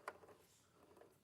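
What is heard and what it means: The threading clutch on the side of an air-threading overlocker is turned by hand toward the air-threading position that aligns the looper tubes. A brief sharp knock at 0.1 s is followed by faint, soft handling sounds. Nothing has clicked or seated into position yet.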